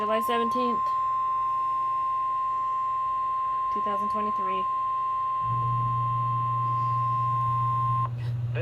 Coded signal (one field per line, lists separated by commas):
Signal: Emergency Alert System (SAME) tones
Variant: 1050 Hz attention tone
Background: speech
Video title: EAS Severe T Storm Watch NOAA weather radio Mon-7-17-23.